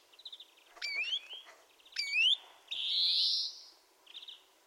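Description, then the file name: European greenfinch with brief trills, two rising whistled calls and one long nasal buzzing wheeze, ending on a short soft trill. "Chloris chloris"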